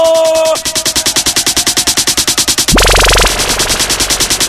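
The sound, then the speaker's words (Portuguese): Cannon-blast sound effects in a live DJ mix at Bloco Brota no Ibiza, 08 02 2020: a rapid, loud rattle of blasts fires like a barrage, broken by one huge booming explosion with a rising sweep, then the quick repeated cannon-like bursts resume. “Então, todos os canhões! O quê? Explodiu! Bum! Explodiu!”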